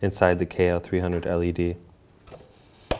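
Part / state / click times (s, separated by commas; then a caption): fiber light guide into LED microscope illuminator port / seated / 2.9 s. A fiber light guide is inserted into the port of a KL 300 LED cold light source for a microscope, with the knob on the light guide lined up with the slot inside. Someone talks over the first second and a half, followed by a quiet pause with a faint tap near 2.3 seconds. A sharp, loud click at 2.9 seconds marks the light guide latching into the illuminator.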